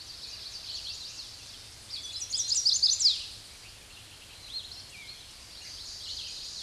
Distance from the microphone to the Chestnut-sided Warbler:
about 5 m